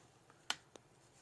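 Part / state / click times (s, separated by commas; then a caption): magazine into air rifle receiver / seated / 0.5 s, 0.8 s. A five-shot rotary magazine is loaded into the right side of an Aselkon MX7s subcompact bullpup .25 caliber air rifle and the mechanism is worked, producing a sharp, bright click at 0.5 s and a softer second click at 0.8 s. The action is smooth and the magazine is seated, though it is unclear whether the clicks come from the magazine seating or the cocking action.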